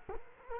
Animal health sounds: mosquito wingbeat signal from an infrared sensor; Culex quinquefasciatus

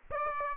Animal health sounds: mosquito wingbeat signal from an infrared sensor; Aedes aegypti

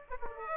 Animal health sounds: mosquito wingbeat signal from an infrared sensor; Aedes aegypti

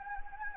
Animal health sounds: mosquito wingbeat signal from an infrared sensor; Anopheles gambiae

